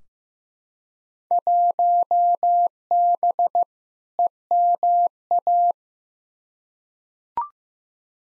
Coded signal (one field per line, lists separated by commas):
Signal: Morse code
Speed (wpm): 15 wpm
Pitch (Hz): 700 Hz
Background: none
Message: 1B EMA